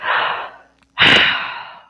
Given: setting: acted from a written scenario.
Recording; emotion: vocal sound without words; shame